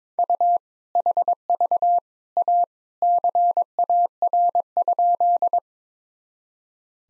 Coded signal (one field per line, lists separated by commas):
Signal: Morse code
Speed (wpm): 22 wpm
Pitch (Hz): 700 Hz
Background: none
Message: U HV A CAR?